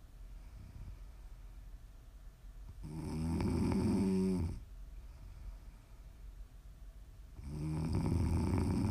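Two long, low rattling snores on inhalation, each just under 2 seconds, separated by quieter breathing in between; ordinary snoring from a sleeping adult, offered as ASMR snoring for relaxation and sleep.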